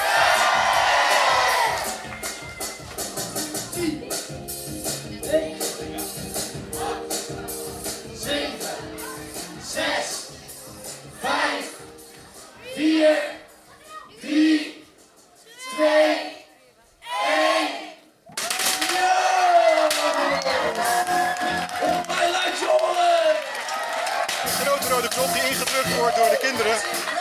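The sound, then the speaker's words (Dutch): A large crowd at Hofplein roars and cheers when asked to make itself heard, then lets out a series of rhythmic rising shouts and whoops before erupting again into sustained loud cheering and yelling. “Hofplein, laat je horen!”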